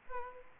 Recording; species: mosquito wingbeat signal from an infrared sensor; Aedes aegypti